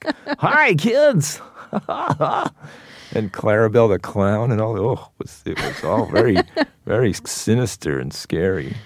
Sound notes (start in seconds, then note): 1.5 laughter; 5.5 laughter